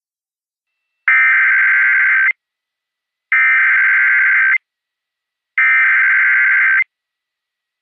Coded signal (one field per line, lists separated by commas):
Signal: Emergency Alert System (SAME) tones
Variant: header bursts